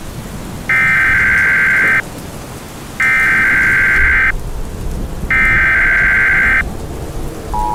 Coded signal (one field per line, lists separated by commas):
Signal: Emergency Alert System (SAME) tones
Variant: header bursts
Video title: EAS Reenactment - 2020 Tampa Tornado